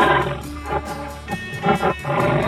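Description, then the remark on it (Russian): A tiger snarls and roars at spectators in rough, rumbling bursts, the growls swelling and fading over a couple of seconds with a steady low drone beneath, no voices present. “Вон он, тигр. Огрызается на нас, зрителей.”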